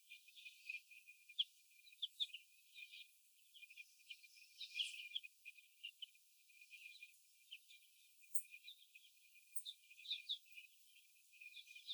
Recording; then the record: young laying hens in a cage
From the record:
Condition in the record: after the stressor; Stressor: sudden umbrella opening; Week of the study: 2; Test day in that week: 1